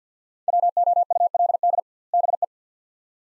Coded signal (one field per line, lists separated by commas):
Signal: Morse code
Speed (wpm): 46 wpm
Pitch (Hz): 700 Hz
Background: none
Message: WOULD BE